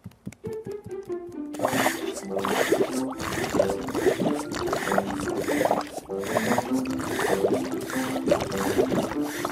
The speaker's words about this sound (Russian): Ручной насос втягивает воду и по специальному шлангу отправляет ее в бочку. Теперь на полу сухо, из потолка ничего не капает.